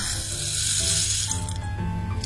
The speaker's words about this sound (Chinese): 对，这是一个，它其实这是一种叫雨声器的东西，然后就是它是一个一节 木头，然后它是把中间掏中空了，然后灌进一种植物的种子。而这种木头不一样的是，它会有一些小孔在上面，所以它的声音像下雨一样的声音就会这样传递出来。